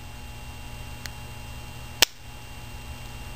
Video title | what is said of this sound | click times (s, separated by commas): Porsche Boxster S engine rebuild 08 | that this one snaps on the top here | 2.0 s